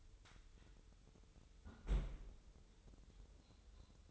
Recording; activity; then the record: daily activity, microphone in the room; close fridge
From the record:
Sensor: 3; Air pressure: 988.4 hPa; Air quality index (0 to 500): 194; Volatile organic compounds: 301 ppm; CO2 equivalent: 4483 ppm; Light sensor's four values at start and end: 25/78/32/28 and 25/78/32/28